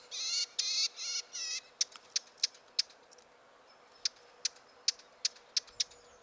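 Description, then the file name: Eurasian blackcap starting with four rasping, buzzy churrs, then switching to sharp, dry clicks repeated irregularly. "Sylvia atricapilla"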